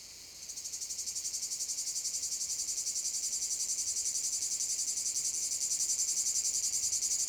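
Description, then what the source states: Cicadas singing in a dense, high, buzzy chorus that swells in over the first second, then pulses steadily about four times a second. Cicada field at Domaine de la Sablière, Saint-Privat-de-Champclos, France; recorded with a Zoom H6 using an M/S microphone.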